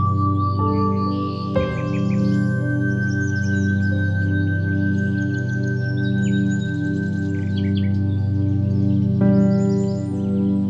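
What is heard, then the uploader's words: Soft, sustained piano chords ring low and steady, changing around two and nine seconds, while small birds chirp brightly and intermittently above. Sleep Sounds: Birds and Soft Piano Music.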